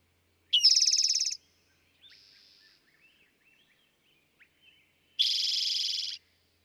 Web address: songs Eastern Towhee